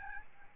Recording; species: mosquito wingbeat signal from an infrared sensor; Aedes albopictus